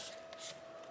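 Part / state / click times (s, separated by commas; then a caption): laptop bottom cover clip into chassis / not seated / none. The plastic bottom cover of an MSI Delta 15 A5EFK laptop is being handled and pressed down after a hinge replacement so its edge clips can latch into the chassis. Soft rubbing and scraping runs over a steady mid-pitched tone, with a brief louder scrape around 0.3 to 0.5 s. Nothing has seated or clicked yet.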